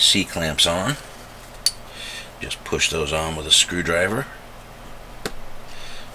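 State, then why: Seated. Someone talks while a small metal C-clip is pushed onto a pin in the action of a Marlin Glenfield Model 60 .22 rifle with a screwdriver during reassembly. After a few brief ticks, a sharp click at 5.3 s marks the clip snapping into place, seated.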